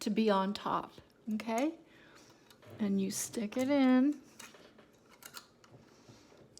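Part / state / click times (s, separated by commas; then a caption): bobbin case into sewing machine rotary hook / seated / 6.6 s. Someone talks while a loaded metal bobbin case is pushed into the rotary hook area under the bed of a Juki 1541s sewing machine, with a few faint handling ticks after the speech. The case clicks into place with a sharp, short hit at 6.6 s, seated.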